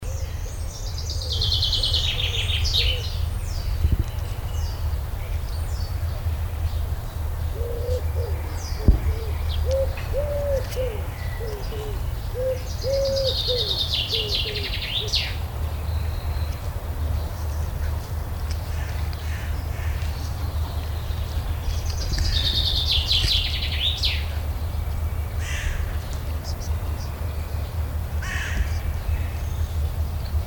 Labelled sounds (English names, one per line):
Common Chaffinch song